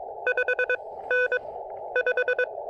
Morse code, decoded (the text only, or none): 5 N 5